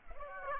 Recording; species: mosquito wingbeat signal from an infrared sensor; Aedes aegypti